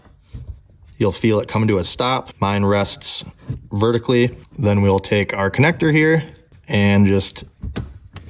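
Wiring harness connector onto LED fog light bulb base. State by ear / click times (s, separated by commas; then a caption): seated / 7.8 s, 8.2 s. Someone talks while pushing the wiring harness connector onto the base of a new Auxito LED fog light bulb in the fog light housing of a Jeep Compass. Sharp, short clicks are heard at 7.8 s and 8.2 s as the connector seats.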